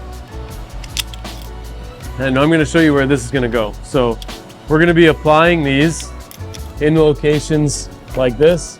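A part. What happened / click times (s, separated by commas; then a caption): The quick-release latch popped apart / 1.0 s. The release on a quick-release body panel fastener is pushed and its two halves are pulled apart, popping loose with a sharp click at 1.0 s and a few lighter clicks around it. Someone then talks over background music.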